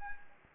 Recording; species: mosquito wingbeat signal from an infrared sensor; Anopheles arabiensis